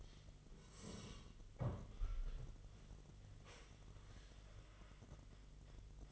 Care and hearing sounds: daily activity, microphone in the room; sit down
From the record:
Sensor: 4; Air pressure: 1006.0 hPa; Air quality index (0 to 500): 110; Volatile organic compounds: 3 ppm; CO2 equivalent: 1372 ppm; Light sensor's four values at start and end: 13/28/11/10 and 13/29/11/10

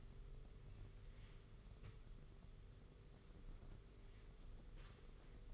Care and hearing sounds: daily activity, microphone in the room; wipe stove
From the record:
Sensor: 4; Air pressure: 991.3 hPa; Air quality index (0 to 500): 154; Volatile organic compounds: 107 ppm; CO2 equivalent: 3798 ppm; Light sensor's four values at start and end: 25/82/30/32 and 25/83/31/32

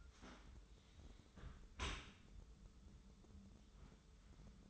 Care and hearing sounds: daily activity, microphone in the room; close dishwasher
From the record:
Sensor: 3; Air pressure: 995.7 hPa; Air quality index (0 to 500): 98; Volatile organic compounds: 14 ppm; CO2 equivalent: 2456 ppm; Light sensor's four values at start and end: 28/85/36/31 and 28/85/36/31

